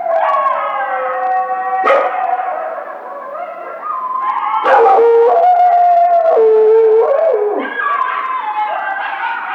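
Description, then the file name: Several coyotes howl together, sliding notes rising and falling over one another in a continuous chorus. Recorded 2 March 2010; several coyotes. "2010 03 02 Coyotes"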